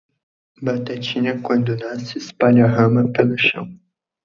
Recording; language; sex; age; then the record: short text; Brazilian Portuguese; male; 18 to 19 years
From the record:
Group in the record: control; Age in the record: 18 years